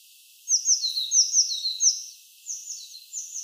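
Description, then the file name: Eurasian blue tit calling: a quick run of high, thin, down-slurred notes alternating with slightly lower ones, a pause, then a second brief burst. "Cyanistes caeruleus"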